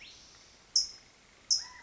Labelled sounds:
California Towhee
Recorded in Sonoma County, California

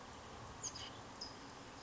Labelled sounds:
California Towhee
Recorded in Sonoma County, California

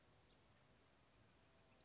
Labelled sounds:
Chestnut-backed Chickadee
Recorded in Sonoma County, California

